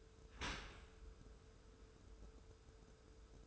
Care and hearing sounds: daily activity, microphone in the room; open dishwasher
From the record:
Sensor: 2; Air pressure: 1014.8 hPa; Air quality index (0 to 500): 25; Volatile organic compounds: 0 ppm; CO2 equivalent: 502 ppm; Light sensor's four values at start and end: 10/22/9/9 and 10/22/9/9

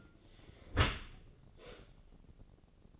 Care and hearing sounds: daily activity, microphone in the room; close dishwasher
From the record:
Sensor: 4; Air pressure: 1013.2 hPa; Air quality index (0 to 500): 173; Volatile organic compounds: 2 ppm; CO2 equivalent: 1090 ppm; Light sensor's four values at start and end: 75/186/77/79 and 75/186/77/79

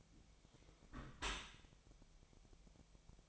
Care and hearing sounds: daily activity, microphone in the room; close dishwasher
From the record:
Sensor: 1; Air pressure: 1006.7 hPa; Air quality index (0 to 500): 208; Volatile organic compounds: 24 ppm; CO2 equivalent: 2806 ppm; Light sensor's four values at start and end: 12/31/12/14 and 12/31/12/14

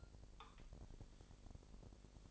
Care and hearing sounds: daily activity, microphone in the room; take from stove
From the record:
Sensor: 5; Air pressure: 999.4 hPa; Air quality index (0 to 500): 223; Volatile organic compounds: 21 ppm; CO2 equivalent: 2728 ppm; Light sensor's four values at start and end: 30/68/28/27 and 31/72/29/28

